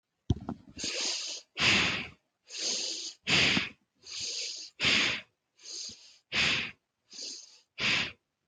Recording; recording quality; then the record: shallow breathing; excellent, no background noise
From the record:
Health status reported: healthy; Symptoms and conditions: hypertension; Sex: female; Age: 42 years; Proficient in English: yes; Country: India